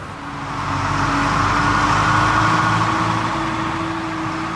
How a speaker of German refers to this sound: Gemächlich tuckert ein alter Traktor über die schmale Landstraße. Der rote Ursus wirkt wie ein winzig brummender Käfer inmitten der Felder, die sich bis zum Horizont erstrecken.